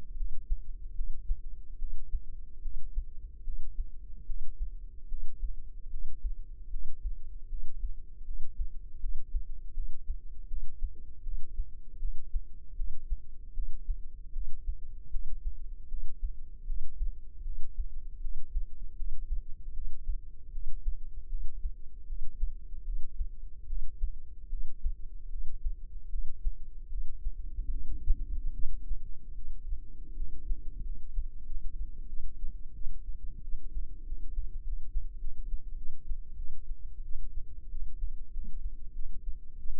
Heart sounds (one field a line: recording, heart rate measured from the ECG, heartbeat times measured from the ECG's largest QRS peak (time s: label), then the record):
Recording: heart sounds by microphone in the left ear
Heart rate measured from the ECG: 81 bpm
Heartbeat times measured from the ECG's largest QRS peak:
0.16 s: heartbeat
0.94 s: heartbeat
1.78 s: heartbeat
2.61 s: heartbeat
3.43 s: heartbeat
4.25 s: heartbeat
5.07 s: heartbeat
5.89 s: heartbeat
6.69 s: heartbeat
7.48 s: heartbeat
8.24 s: heartbeat
8.99 s: heartbeat
9.73 s: heartbeat
10.47 s: heartbeat
11.22 s: heartbeat
11.98 s: heartbeat
12.75 s: heartbeat
13.53 s: heartbeat
14.32 s: heartbeat
15.10 s: heartbeat
15.87 s: heartbeat
16.65 s: heartbeat
17.43 s: heartbeat
18.20 s: heartbeat
18.95 s: heartbeat
19.73 s: heartbeat
20.51 s: heartbeat
21.28 s: heartbeat
22.06 s: heartbeat
22.83 s: heartbeat
23.66 s: heartbeat
24.48 s: heartbeat
25.29 s: heartbeat
26.09 s: heartbeat
26.88 s: heartbeat
27.69 s: heartbeat
28.52 s: heartbeat
29.34 s: heartbeat
30.14 s: heartbeat
30.82 s: heartbeat
31.44 s: heartbeat
32.07 s: heartbeat
32.73 s: heartbeat
33.41 s: heartbeat
34.04 s: heartbeat
34.63 s: heartbeat
35.19 s: heartbeat
35.76 s: heartbeat
36.36 s: heartbeat
37.03 s: heartbeat
37.69 s: heartbeat
38.31 s: heartbeat
38.93 s: heartbeat
39.57 s: heartbeat
From the record:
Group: healthy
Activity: breath hold 0-20 s, rest 20-40 s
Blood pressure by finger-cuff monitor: 106/71 mmHg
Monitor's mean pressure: 81 mmHg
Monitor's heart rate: 77 bpm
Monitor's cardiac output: 6.3 L/min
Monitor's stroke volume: 81 mL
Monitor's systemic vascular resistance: 920 dyn s/cm5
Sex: female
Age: 19 years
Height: 163 cm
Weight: 48.9 kg